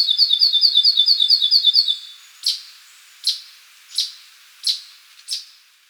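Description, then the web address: Rufous wren song: a rapid trill of paired high whistled notes for about two seconds, then five sharp, separate high notes spaced roughly 0.7 seconds apart. Recorded in Ecuador. "S America Birds of Ecuador. Rufous Wren"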